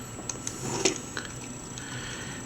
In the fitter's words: just do the same over here until it clicks